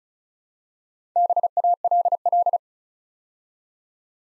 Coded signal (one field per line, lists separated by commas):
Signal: Morse code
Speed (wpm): 36 wpm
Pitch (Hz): 700 Hz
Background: none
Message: BALL